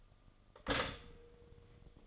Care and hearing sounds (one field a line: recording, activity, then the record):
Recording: daily activity, microphone in the room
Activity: stop toaster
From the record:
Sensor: 4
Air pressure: 1005.0 hPa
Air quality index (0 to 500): 187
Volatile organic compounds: 5 ppm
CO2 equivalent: 1833 ppm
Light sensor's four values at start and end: 19/65/24/23 and 18/59/22/21